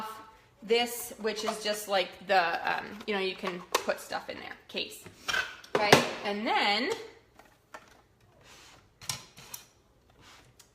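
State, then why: Seated. Someone talks while an embroidery unit is clipped onto a sewing machine base, with its connector port mating into the machine. After the talking stops, a few small clicks and taps are heard, and the unit snaps into place at 9.1 s, seated.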